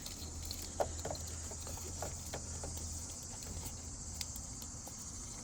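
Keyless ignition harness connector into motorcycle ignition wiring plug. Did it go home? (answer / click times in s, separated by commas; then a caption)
no / none. A keyless-ignition harness connector is handled by hand beside the ignition wiring plug of a 2005 Honda CBR 600 F4i motorcycle, with light taps and plastic rustles over a steady hiss and low hum. Nothing has seated or clicked yet.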